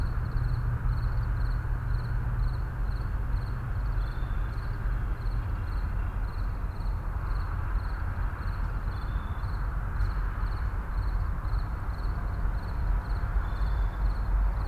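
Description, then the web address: Crickets chirping in short high-pitched pulses, steady throughout, over a low rumble of traffic. Crickets at night in a suburban setting, with light traffic. "boom library Urban and Suburban. Suburban night crickets traffic light"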